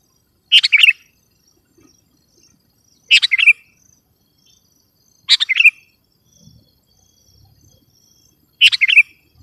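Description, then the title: Sooty-headed bulbul song: four short bubbly phrases, each a quick burst of liquid notes, spaced a few seconds apart with quiet between. "kutilang"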